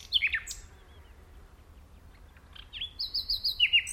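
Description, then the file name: Common nightingale song: a few sharp slurred notes, a quiet pause, then a series of high swooping whistles. "Luscinia megarhynchos"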